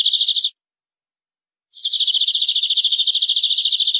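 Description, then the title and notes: Canary song of fast pulsing high trills, a short burst, a pause, then a long even rolling trill. "BM Suara Burung Kenari"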